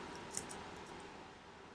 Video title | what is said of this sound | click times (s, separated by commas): Upsizing and Upgrading your Crankbait Treble Hooks | stick that on there and then just run it through and I'm just rotating that split ring that you heard it click | 0.4 s